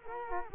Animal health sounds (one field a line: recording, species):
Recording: mosquito wingbeat signal from an infrared sensor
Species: Culex quinquefasciatus